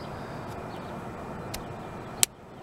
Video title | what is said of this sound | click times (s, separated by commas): Renogy 400w Solar part 2 Raptor 300MP toy hauler | these little tabs snap in you'll be able to hear it snap | 2.2 s